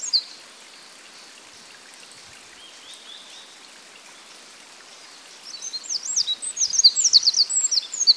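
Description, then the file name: Eurasian wren song: a loud burst of very high, rapid twittering notes and trills starting after a quiet stretch of faint hiss and background noise. "Troglodytes troglodytes"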